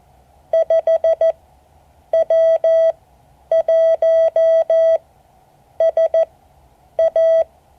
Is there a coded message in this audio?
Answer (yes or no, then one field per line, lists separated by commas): yes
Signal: Morse code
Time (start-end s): 0.5-7.4 s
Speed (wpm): 14 wpm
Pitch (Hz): 650 Hz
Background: none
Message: 5W1SA